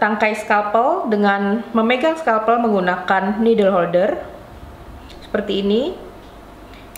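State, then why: Seated. A sterile steel scalpel blade, held with a needle holder, is slid onto a metal scalpel handle while someone talks. A short, sharp click at 7.0 s marks the blade locking onto the handle, seated securely.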